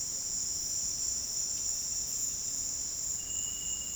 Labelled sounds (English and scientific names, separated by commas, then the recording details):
none
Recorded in secondary vegetation near Puerto Asís, Putumayo, Colombia, on 18 February 2024 at 14:30
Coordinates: 0.468, -76.324
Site G6381